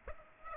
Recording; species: mosquito wingbeat signal from an infrared sensor; Aedes aegypti